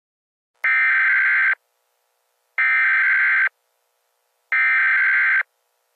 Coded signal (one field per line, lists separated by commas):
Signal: Emergency Alert System (SAME) tones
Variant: header bursts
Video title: EAS Scenario: It's Going to Rain in Indiana